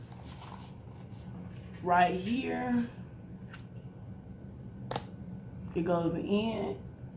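Someone talks while handling the plastic lens assembly in the frame of an Oculus 2 VR headset, getting ready to slide it inward to change the lens spacing. Between the speech there are only faint handling noises and a brief sharp tick near 4.9 s. The assembly has not yet snapped into its detent positions, and nothing has clicked into place.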